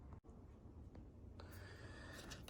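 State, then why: Seated. Sun visor wiring connectors on a Jeep JL/JT are pushed into their plastic housing in the visor mount, over a low steady background hum. Clicks are heard at 1.4 s and 2.5 s as the connectors seat into place.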